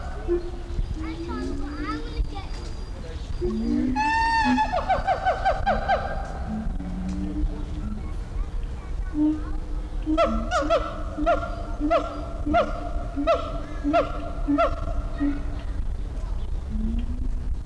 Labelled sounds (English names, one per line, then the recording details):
Siamang call
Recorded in captivity
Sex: diverse
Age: adult
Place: Zoo Berlin, Berlin, DE
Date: 1994-04-06 10:10
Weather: wolkig bis heiter, 20-27°C
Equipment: Marantz CP 430, Sennheiser ME 80, Kopie Uher Variocord 263
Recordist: Tembrock, Günter